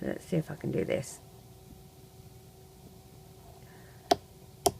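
Someone talks briefly, then pushes a washer onto the shank of the second safety eye in a rubber-band crochet head made with loom bands, aiming for two clicks so it matches the first eye and neither is tighter than the other. Two sharp clicks sound at 4.1 s and 4.7 s, and the washer is seated.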